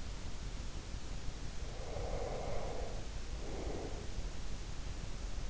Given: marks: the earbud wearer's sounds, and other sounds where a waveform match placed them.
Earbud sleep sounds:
sounds in sleep by an in-ear microphone; breath
1.70-4.48 s: breath

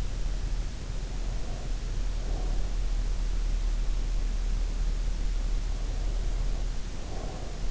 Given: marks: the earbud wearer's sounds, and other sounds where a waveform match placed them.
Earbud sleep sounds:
sounds in sleep by an in-ear microphone; breath
0.90-2.91 s: breath
6.00-7.71 s: breath

